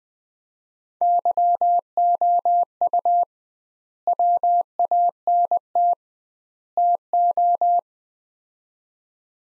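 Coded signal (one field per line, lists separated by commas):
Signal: Morse code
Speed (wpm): 20 wpm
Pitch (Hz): 700 Hz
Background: none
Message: YOU WANT TO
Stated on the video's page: Morse practice at 20 wpm, sets of three words for head-copy, sent with 2x word spacing, a Farnsworth-like approach applied to words.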